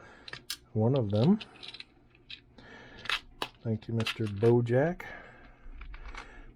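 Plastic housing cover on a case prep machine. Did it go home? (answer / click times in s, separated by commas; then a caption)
partly / 5.8 s, 5.9 s. While reassembling a Hornady case prep center after reaching the fuse, a plastic housing cover section is pressed back together, giving two faint clicks at 5.8 s and 5.9 s. Someone talks before this. The cover does not snap together firmly the way it did originally.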